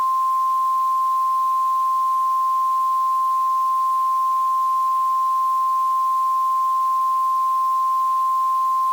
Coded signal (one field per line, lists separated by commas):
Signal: Emergency Alert System (SAME) tones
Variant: 1050 Hz attention tone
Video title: Lost! (EAS Scenario)